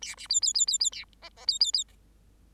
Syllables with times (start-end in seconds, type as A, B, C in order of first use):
0.01-0.15 A, 0.17-0.27 B, 0.29-0.40 C, 0.41-0.53 C, 0.54-0.66 C, 0.67-0.78 C, 0.80-0.90 C, 0.92-1.04 A, 1.22-1.29 D, 1.36-1.46 D, 1.47-1.59 C, 1.60-1.72 C, 1.73-1.84 C, 1.88-1.92 D